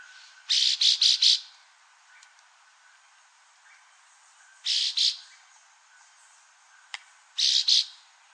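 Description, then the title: Chestnut-bellied Euphonia with loud, rasping bursts of two to four quick notes, repeated every few seconds, a steady faint tone in the background. "LuckyPassaro Completos2Sama. Chestnut-bellied Euphonia (Euphonia pectoralis)"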